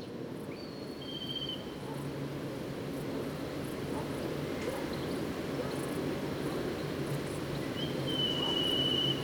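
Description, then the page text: Black kite drawn-out whistles, two near the start and a longer wavering one near the end, over a constant low rumble that slowly grows louder. Family of black kites in southern Leipzig, Germany, recorded 23 July 2008, with a hot-air balloon present. "080723, Black Kite Milvus migrans, hot-air balloon, Leipzig, Germany"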